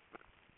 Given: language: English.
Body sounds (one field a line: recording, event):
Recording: throat vibration sensor signal played as sound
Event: swallow